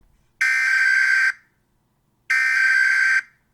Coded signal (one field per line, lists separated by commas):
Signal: Emergency Alert System (SAME) tones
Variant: header bursts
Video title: Eas Alarms 13